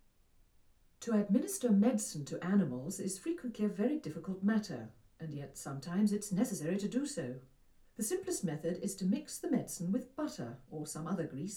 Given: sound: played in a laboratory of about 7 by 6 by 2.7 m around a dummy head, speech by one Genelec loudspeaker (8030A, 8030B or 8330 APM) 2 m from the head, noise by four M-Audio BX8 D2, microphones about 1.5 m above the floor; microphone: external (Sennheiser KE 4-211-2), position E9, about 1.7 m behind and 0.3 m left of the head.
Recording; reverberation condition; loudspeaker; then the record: female speech in English; low; 90 degrees to the right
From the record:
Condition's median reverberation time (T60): about 310 ms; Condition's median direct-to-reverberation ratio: about 3.5 dB